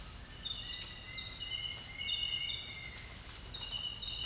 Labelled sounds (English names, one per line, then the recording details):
Citron-bellied Attila
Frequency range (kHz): Citron-bellied Attila 1.5-2.7 kHz
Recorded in secondary vegetation near Puerto Asís, Putumayo, Colombia, on 18 February 2024 at 07:00
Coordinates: 0.481, -76.323
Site G6376